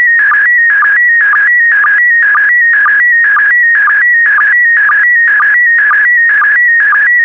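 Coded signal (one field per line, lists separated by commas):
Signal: SSTV (slow-scan television)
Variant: PD120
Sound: warbling, chirping tone that repeats a short buzzing rhythm about twice per second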